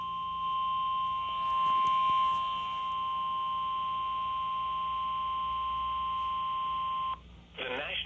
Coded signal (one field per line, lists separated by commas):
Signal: Emergency Alert System (SAME) tones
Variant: 1050 Hz attention tone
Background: speech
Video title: DOUBLE HEADER Flood Warning WXL40 EAS#127-128